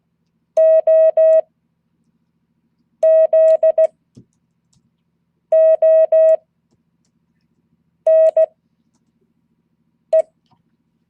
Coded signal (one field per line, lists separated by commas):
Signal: Morse code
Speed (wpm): 16 wpm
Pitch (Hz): 640 Hz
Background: none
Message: OZONE